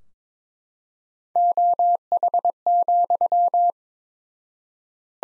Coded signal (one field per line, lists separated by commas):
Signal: Morse code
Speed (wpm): 22 wpm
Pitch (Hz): 700 Hz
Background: none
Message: OH,